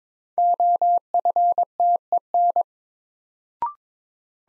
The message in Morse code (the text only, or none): OFTEN